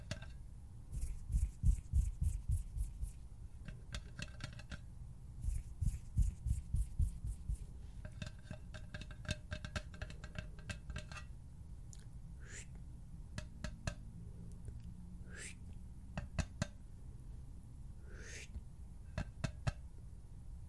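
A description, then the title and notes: Hand sounds and finger fluttering make bursts of rapid ticking and rustling, loudest early on, then sparser snips and scrapes over a low rumble. HAND SOUNDS, FINGER FLUTTERING, SCISSORS SOUNDS.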